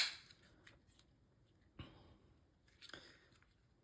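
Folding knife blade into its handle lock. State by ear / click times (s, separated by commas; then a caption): seated / 2.9 s. The steel blade of a Benchmade Adira 18060 or Mini Adira 18065 folding knife is flicked open. A few faint ticks and a low thump come before it snaps into its handle lock with a sharp click at 2.9 s, showing the blade is seated and locked open.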